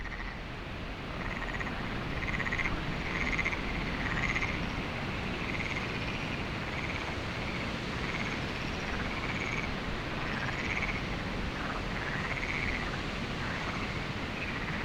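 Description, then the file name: Faint frog chorus of buzzy pulsed notes repeated steadily, partly masked by a strong, continuous wind rush. Frogs recorded at Lagoa do Canário with wind, binaural recording. "Lagoado Canario frogs wind web binaural"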